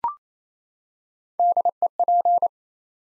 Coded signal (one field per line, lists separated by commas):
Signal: Morse code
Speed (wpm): 29 wpm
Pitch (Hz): 700 Hz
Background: none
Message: DEP